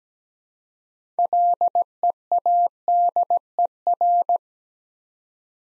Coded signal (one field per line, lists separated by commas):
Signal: Morse code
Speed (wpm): 17 wpm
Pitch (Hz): 700 Hz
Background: none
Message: LEADER